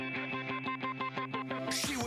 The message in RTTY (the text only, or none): none